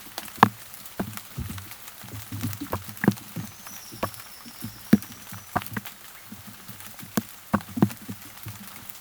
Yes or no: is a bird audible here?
no